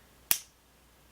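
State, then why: Seated. A small folding knife with a 0.65-inch 14C28N steel blade, weighing 1 oz, is flicked open by its flipper tab. The blade swings out and locks open in its handle with one sharp, bright snap at 0.3 s, then the sound fades quickly into quiet. The blade is seated and locked open.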